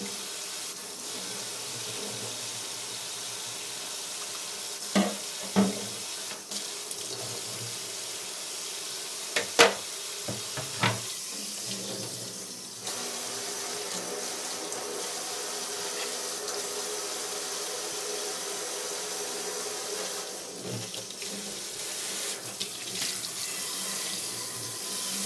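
A pot of food simmers with a steady, bright hiss, like running water, that grows slightly louder about halfway through. Sharp metallic clinks and knocks cut in near five and ten seconds, with a few softer taps later on.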